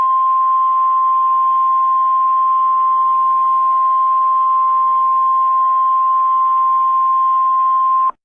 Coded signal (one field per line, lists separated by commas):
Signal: Emergency Alert System (SAME) tones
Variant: 1050 Hz attention tone